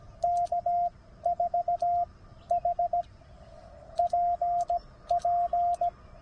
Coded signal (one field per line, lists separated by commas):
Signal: Morse code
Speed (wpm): 17 wpm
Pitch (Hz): 700 Hz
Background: radio noise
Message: K4HPP